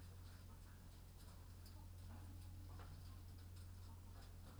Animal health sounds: poultry house recording; sick chickens (respiratory disease)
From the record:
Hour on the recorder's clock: 22

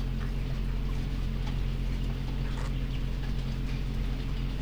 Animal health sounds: poultry house recording; sick chickens (respiratory disease)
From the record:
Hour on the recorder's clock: 5

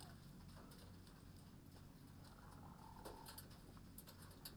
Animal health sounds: poultry house recording; sick chickens (respiratory disease)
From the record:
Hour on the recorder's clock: 22

